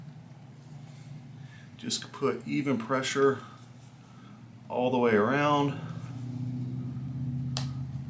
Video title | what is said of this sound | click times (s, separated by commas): New Life for Old 3M Peltor Tactical Pros | and then you heard it hard to click in place so just like that | 7.6 s